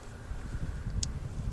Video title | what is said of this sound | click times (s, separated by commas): Jeep Patriot Halogen to Auxito LED Headlamp Upgrade Install & Review | Yep, there it goes. You can hear it click. | 1.0 s